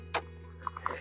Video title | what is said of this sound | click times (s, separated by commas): Où trouver des PLANTES AQUATIQUES GRATUITES pour son BASSIN DE JARDIN #AUSOM | on l'enfonce jusqu'au bout jusqu'à que le crochet soit bien enclenché et on referme. | 0.2 s